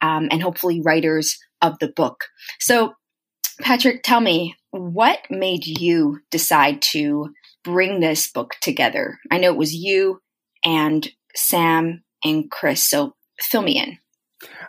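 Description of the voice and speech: An adult woman speaks in a conversational, evenly paced voice, asking a guest why he decided to put a book together. Phrases are fluent, with natural pauses and a couple of drawn-out words. She sounds like an interviewer in a quiet room.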